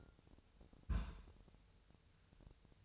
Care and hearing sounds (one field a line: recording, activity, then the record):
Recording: daily activity, microphone in the room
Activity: place on stove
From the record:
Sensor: 2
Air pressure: 999.3 hPa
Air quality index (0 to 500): 196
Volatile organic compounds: 27 ppm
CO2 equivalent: 2892 ppm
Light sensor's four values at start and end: 6/15/6/6 and 6/15/6/6